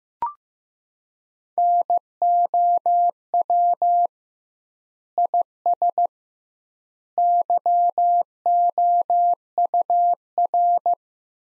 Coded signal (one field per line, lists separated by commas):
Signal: Morse code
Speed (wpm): 15 wpm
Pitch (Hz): 700 Hz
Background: none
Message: NOW IS YOUR